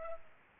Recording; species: mosquito wingbeat signal from an infrared sensor; Culex pipiens